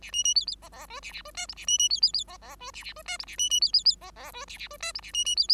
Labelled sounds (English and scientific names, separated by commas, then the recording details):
Bengalese Finch (Lonchura striata domestica) song
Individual Bird5